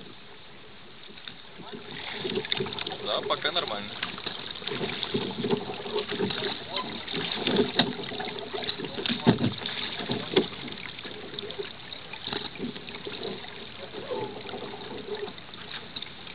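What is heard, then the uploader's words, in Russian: An evening boat ride around Valaam, with people talking over a steady, low engine-like drone. The talk starts after about two seconds and carries on with lively, overlapping voices, peaking near the nine-second mark. The sound is muffled, with no bright top. Вечерняя поездка по Валааму на лодке.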